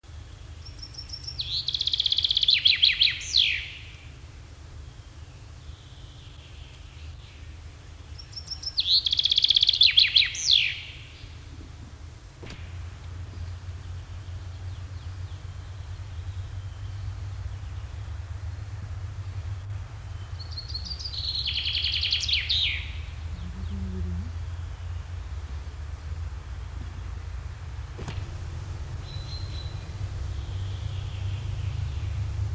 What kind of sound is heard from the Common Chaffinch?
song